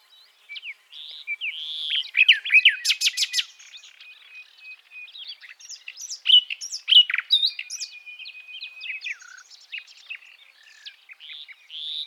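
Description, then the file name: Common nightingale singing varied phrases: sharp rapid notes, a burst of loud clicking strokes, slurred whistles and a long thin steady whistle, with brief pauses between phrases. "Luscinia megarhynchos"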